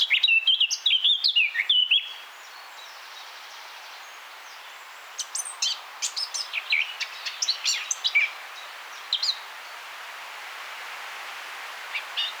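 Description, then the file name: Eurasian blackcap: a burst of scratchy, chattering notes in the first two seconds, then scattered sharp high notes over steady background hiss. "Sylvia atricapilla"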